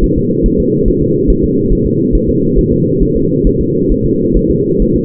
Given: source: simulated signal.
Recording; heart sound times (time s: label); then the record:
fetal heart sounds
0.04 s: S1
0.18 s: S2
0.46 s: S1
0.60 s: S2
0.88 s: S1
1.02 s: S2
1.30 s: S1
1.44 s: S2
1.73 s: S1
1.86 s: S2
2.15 s: S1
2.29 s: S2
2.59 s: S1
2.73 s: S2
3.02 s: S1
3.16 s: S2
3.47 s: S1
3.61 s: S2
3.92 s: S1
4.05 s: S2
4.37 s: S1
4.50 s: S2
4.82 s: S1
4.96 s: S2
From the record:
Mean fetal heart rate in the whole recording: 135 bpm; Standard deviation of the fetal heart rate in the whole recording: 3 bpm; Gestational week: 36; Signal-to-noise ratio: -11.2 dB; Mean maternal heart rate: 72 bpm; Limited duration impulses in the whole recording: present